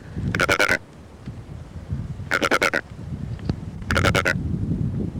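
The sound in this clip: Secretarybird making three quick bursts of rattling, stuttered croaks, each a rapid run of pulses, separated by short pauses, with low background rumble.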